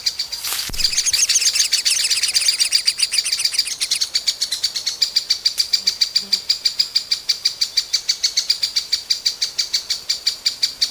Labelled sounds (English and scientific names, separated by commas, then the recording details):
Lesser Spotted Woodpecker (Dendrocopos minor)
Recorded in the wild
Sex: diverse
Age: diverse
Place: Mühlenbecker Land, OT Summt, Brandenburg, DE
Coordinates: 52.6931, 13.3619
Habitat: garden
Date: 1983-06-04 12:56
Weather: overcast, 18-26°C, light winds
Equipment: Nagra SN, Kopie Uher 4000 Monitor Report
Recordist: Tembrock, Günter